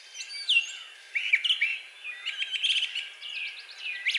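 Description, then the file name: Brown thrasher singing a dense stretch of slurred whistles and chirpy notes, phrases running together with little pause. Recorded 4 June 2020. "2020-06-04 Brown Thrasher"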